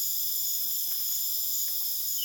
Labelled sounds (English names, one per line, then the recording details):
none
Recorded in dense forest near Puerto Asís, Putumayo, Colombia, on 29 June 2025 at 21:30
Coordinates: 0.484, -76.325
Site H65